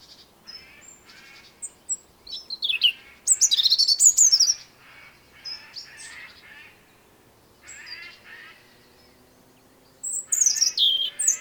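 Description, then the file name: European robin song in separate bursts of high, liquid warbling and trills, broken by short pauses between phrases. "Erithacus rubecula"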